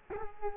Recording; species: mosquito wingbeat signal from an infrared sensor; Culex quinquefasciatus